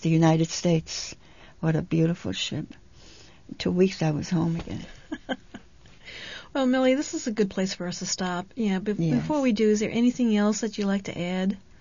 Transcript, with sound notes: the United States. What a beautiful ship! In two weeks I was home again. ( she laughs )
Well, Milly, this is a good place for us to stop, you know. But before we do, is there anything else that you'd like to add?